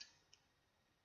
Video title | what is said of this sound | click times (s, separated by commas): Pre lab Lecture - Use of the Microscope | And if you turn this nose piece clockwise you'll hear a little click when it's in place. | 0.0 s